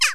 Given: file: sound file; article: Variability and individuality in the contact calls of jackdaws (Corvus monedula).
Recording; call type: jackdaw call; harmonic